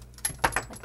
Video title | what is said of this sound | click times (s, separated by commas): Instant Hot Water - Save Water Every Month - Do It Yourself | then it locks in place now | 0.2 s, 0.4 s